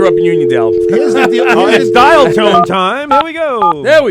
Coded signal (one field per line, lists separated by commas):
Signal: DTMF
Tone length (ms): 120 ms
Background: speech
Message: 187